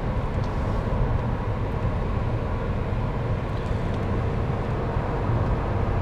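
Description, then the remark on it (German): A steady, dense low rumble of a car's engine and road noise as it drives fast and sportily through a viaduct curve, holding an even loudness throughout with no tire squeal and no voices. “Die Viaduktkurve sportlich genommen, ja, noch ohne Reifenquietschen.”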